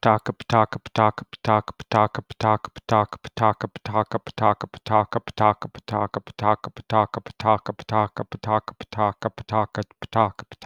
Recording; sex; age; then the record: repeated syllables /pa ta ka/; male; 30 to 39 years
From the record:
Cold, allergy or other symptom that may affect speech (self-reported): no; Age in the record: 37 years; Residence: North Carolina, United States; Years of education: 16